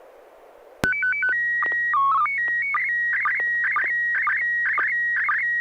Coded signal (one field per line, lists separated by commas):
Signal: SSTV (slow-scan television)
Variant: PD 120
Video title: N6NA SSTV Net - 05/12/2021